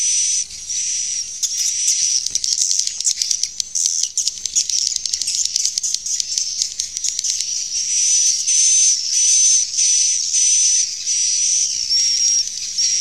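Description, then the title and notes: Swiftlet sounds begin as a fast crackling twitter, then settle into regular buzzy chirps with thin whistles, repeated about every second. Used in swiftlet farming in Asia. "Swiflet Bird Sound. Farming Swiflet Bird asia sound"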